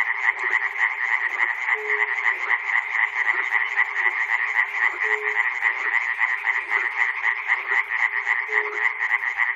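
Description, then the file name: Frogs in a thick chorus, fast pulsed croaking running continuously, with short low hums recurring every few seconds. Recorded at Chernobyl. "peter cusack-chernobyl frogs"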